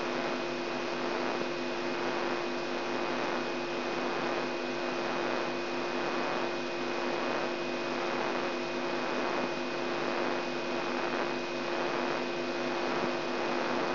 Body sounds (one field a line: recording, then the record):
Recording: brain microelectrode recording played as sound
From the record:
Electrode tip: inside the subthalamic nucleus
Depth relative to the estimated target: 2 mm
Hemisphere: left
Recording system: AlphaMap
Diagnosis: Parkinson's disease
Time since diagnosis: 17 years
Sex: female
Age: 63 years